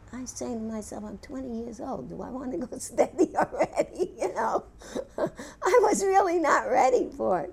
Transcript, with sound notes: I'm saying to myself, "I'm twenty years old. Do I want to go steady (she laughs) already?" You know? I was really not ready for it.